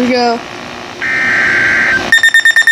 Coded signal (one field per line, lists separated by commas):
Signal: Emergency Alert System (SAME) tones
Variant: header bursts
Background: speech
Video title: FLASH FLOOD EMERGENCY/flash flood warning eas#42